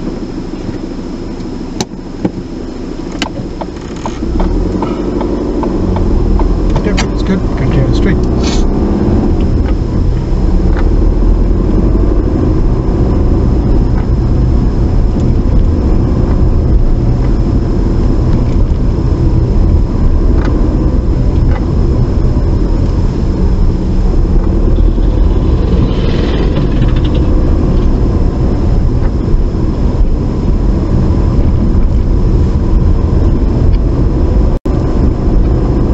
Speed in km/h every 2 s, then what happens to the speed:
0, 0, 10, 16, 18, 24, 26, 24, 24, 23, 21, 18, 23, 26, 23, 23, 24, 27.
0-2 standing. 2-11 pulls away to 26. 11-22 slows to 18. 22-25 speeds up to 26. 25-31 steady at about 23.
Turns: none.